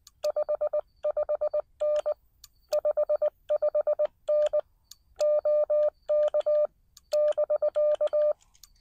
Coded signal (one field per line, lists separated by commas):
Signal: Morse code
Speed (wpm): 20 wpm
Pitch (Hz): 590 Hz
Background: none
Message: 55N 55N OK <BK>